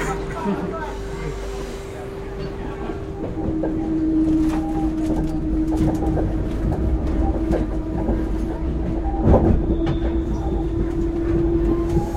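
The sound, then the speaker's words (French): An RER commuter train, a direct service heading south from Paris, runs along the rails with a steady, heavy low rumble and a sustained humming tone, broken by occasional sharp clacks and rattles as it speeds on. “Et donc là, on a de la chance, on a un direct.”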